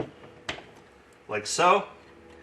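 An o-ringed plastic block-off piece is handled at the port of a 9510 commercial backwash filter control valve, used here because the unit is not run as a softener. Brief handling knocks occur at about 0.0 s and 0.5 s, then someone talks. Nothing has seated or clicked yet; the piece has not gone home.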